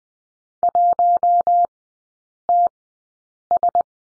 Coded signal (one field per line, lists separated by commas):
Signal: Morse code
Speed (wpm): 20 wpm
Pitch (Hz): 700 Hz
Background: none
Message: 1TS